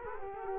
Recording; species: mosquito wingbeat signal from an infrared sensor; Culex quinquefasciatus